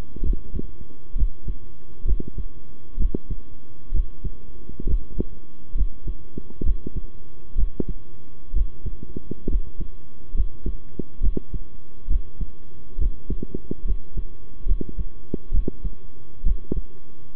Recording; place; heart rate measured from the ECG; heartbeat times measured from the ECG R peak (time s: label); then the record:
heart sounds by stethoscope; between the tricuspid and mitral areas; 67 bpm
0.22 s: heartbeat
1.15 s: heartbeat
2.05 s: heartbeat
2.97 s: heartbeat
3.91 s: heartbeat
4.86 s: heartbeat
5.74 s: heartbeat
6.63 s: heartbeat
7.55 s: heartbeat
8.53 s: heartbeat
9.48 s: heartbeat
10.34 s: heartbeat
11.20 s: heartbeat
12.07 s: heartbeat
12.98 s: heartbeat
13.84 s: heartbeat
14.66 s: heartbeat
15.51 s: heartbeat
16.43 s: heartbeat
From the record:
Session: rest, sitting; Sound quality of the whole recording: good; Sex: male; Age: 23 years